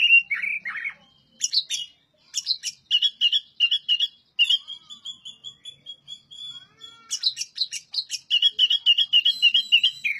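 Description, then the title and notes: Oriental magpie-robin song: a low slurred opening, then long runs of rapid repeated chirps and whistles, with a short pause of soft thin notes midway. Master song for tutoring other birds; the bird is singing vigorously (gacor). "Suara Burung Kacer masteran. burung kacer gacor hebat"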